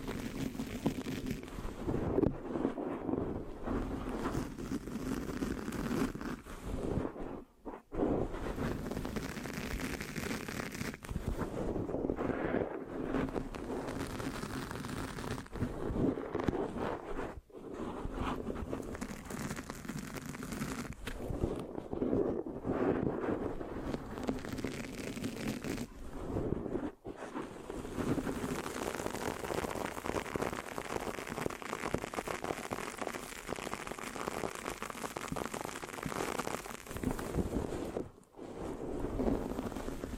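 Dense, rough microphone scratching and sticky rubbing continue almost without pause, briefly breaking off around 8, 17, 27 and 38 seconds.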